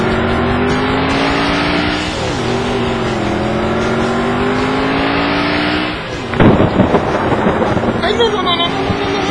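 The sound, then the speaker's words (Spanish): A steady car engine drones and shifts pitch, then a sudden loud thunderclap bursts in, followed by a rough, rumbling wash like heavy rain starting to pour. “Que no vaya a llover. Mínimo que me deje llegar al pinche dentro.”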